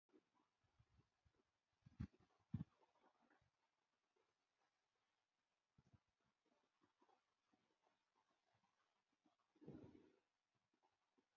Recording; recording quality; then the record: shallow breathing; moderate, slight background noise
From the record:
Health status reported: healthy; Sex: male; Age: 26 years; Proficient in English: yes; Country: India